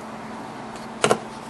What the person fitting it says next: and they just snap right into the holes